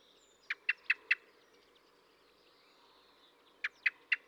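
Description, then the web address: Common blackbird giving sharp, clicking chink notes: a quick run of four, a pause of about two and a half seconds, then three more, over faint background hiss. "assistens Solsort"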